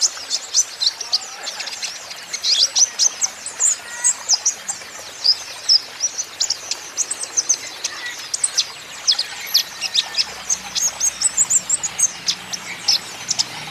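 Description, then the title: Van Hasselt's sunbird giving long, steady twittering song: rapid high-pitched chirps repeated almost without pause, with hissing noise throughout. Green-plumaged (ijoan) bird singing actively (gacor); song used as a lure and therapy to prompt caged Van Hasselt's sunbirds to sing in reply. "KOLIBRI NINJA KONIN IJOAN GACOR COCOK UNTUK PANCINGAN TERAPI KONIN BAHAN PASTI NYAUT"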